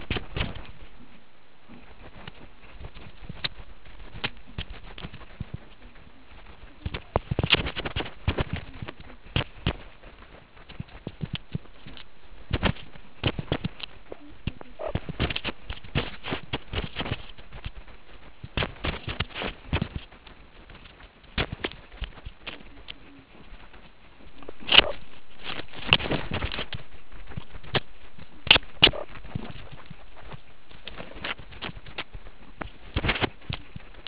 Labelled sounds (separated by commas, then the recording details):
meerkat close call
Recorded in the Kuruman River Reserve, South Africa
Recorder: an audio tag on a meerkat's collar